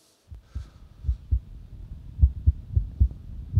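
Heartbeat with an irregular rhythm: sometimes faster, sometimes slower, sometimes a pause. Cardiac arrhythmia.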